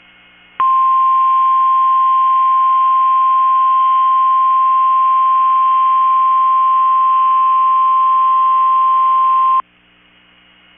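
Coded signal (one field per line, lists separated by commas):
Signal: Emergency Alert System (SAME) tones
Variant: 1050 Hz attention tone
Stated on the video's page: Weekly test from a NOAA Weather Radio station, recorded because the local office skipped its own test.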